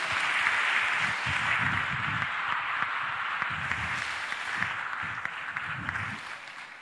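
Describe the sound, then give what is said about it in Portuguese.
An audience applauds steadily for several seconds, clapping for Jesus while welcoming a missionary: a dense wash of many hands clapping with scattered louder claps and a low rumble of voices underneath, fading slightly at the end. “Vamos aplaudir a Jesus forte, recebendo a missionária”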